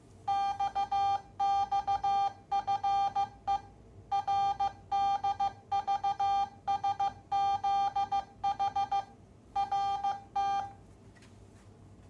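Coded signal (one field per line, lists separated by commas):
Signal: Morse code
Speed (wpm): 15 wpm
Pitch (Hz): 800 Hz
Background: none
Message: XXFE RDVSZH RT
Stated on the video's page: Morse sent from a vintage Heathkit SA-5010 Micromatic memory keyer.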